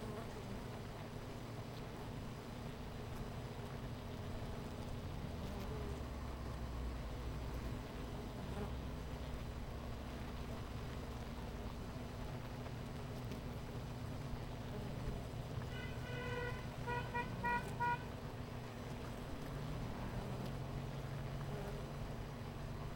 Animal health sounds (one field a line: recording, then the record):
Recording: honeybee colony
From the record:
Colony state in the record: missing queen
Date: 14 July 2017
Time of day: 10:25